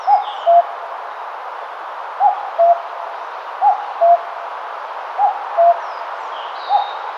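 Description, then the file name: Common cuckoo calling: a clear, hollow two-note cu-coo with the second note lower, repeated about every one and a half seconds, over a steady background hiss. "Cuculus canorus"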